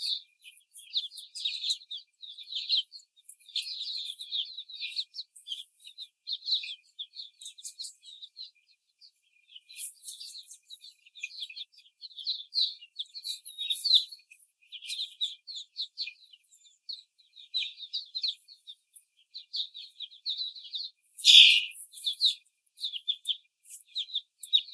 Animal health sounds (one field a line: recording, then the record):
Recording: young laying hens in a cage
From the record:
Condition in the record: before the stressor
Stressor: simulated dog barking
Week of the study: 4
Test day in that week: 3